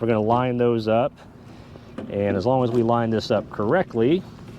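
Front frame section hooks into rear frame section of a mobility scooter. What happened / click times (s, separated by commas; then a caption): Parts are being lined up; nothing has snapped into place yet / none. The front section of an Elite Traveler 2 power mobility scooter frame, with its two green-marked hooks, is lined up with the green marks on the rear frame section while someone talks. Low handling noise sits between the speech, and nothing has seated or clicked yet.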